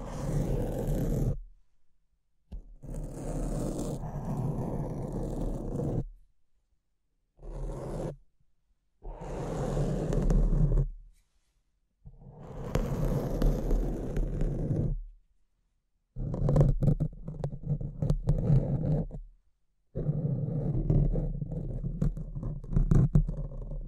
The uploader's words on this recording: ASMR Brain Melting Mic Scratching (No Talking).